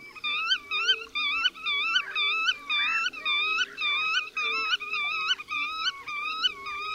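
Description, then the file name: Black-tailed godwit calls, a series of nasal, harmonic-rich notes with a slight upward twist, repeated roughly twice per second in a steady run. "Rycyk"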